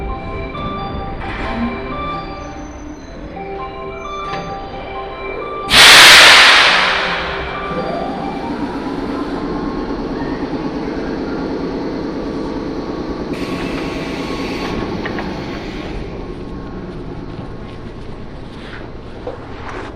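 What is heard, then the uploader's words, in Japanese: A ride on a Sanyo Main Line train from Okayama toward Kurashiki, with a steady low rumble of the moving carriage throughout. Faint tonal chimes ring in the first few seconds, and a sudden loud hiss bursts out near six seconds before fading back into the continuous drone. 鉄道旅 山陽本線 岡山→倉敷。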